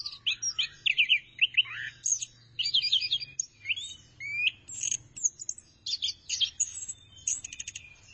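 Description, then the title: Thrush singing clear, repeated slurred whistles early on, then mixed chirps, short buzzes and quick rattling trills. "burung anis x"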